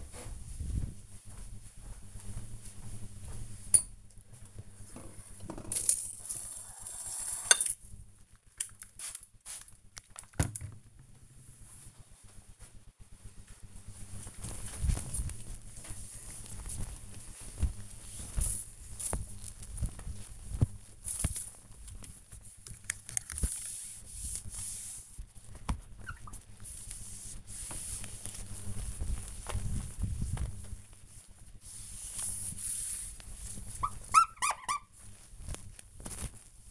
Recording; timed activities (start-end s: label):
household activities, microphone on the right wrist
8.07-36.71 s: window cleaning